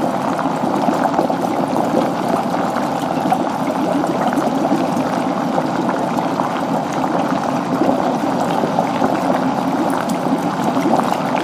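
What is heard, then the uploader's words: Water boils at a steady, full roll, a dense churn of bubbling that never lets up across the whole stretch. The sound sits in the low and middle range, with countless small pops and gurgles layered close together. Nothing else intrudes. White Noise Boiling Water Sound.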